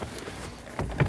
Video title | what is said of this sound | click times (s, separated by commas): How to Replace HVAC Blower Motor Assembly 2012-2016 Honda CR-V | Go back into your glove box door, pull towards you, wait for the click. | 0.8 s, 1.0 s